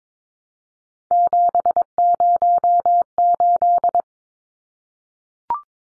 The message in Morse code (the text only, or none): 708